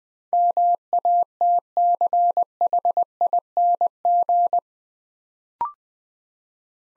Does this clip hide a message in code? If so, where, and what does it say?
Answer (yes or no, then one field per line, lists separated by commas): yes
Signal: Morse code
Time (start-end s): 0.3-4.6 s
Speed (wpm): 20 wpm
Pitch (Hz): 700 Hz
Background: none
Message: MATCHING